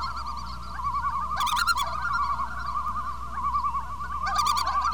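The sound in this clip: Loons calling in a long, continuous wavering tremolo, broken by brief louder bursts of higher quavering calls, over a low hum.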